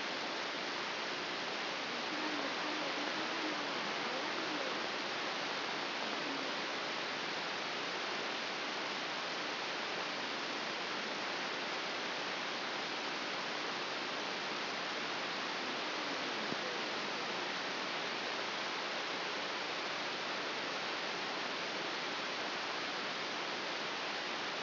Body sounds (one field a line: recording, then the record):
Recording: brain microelectrode recording played as sound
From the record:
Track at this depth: outside the subthalamic nucleus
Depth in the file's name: 5.801 mm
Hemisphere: right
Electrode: 3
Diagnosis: Parkinson's disease